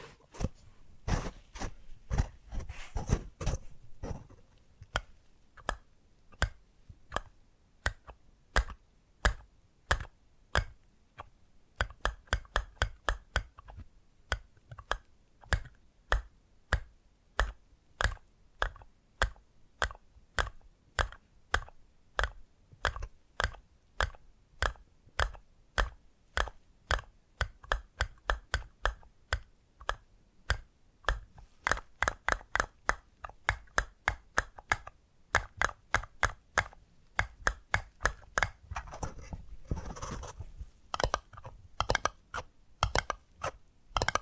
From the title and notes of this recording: ASMR 10 Addictive Tapping Triggers. (No Talking).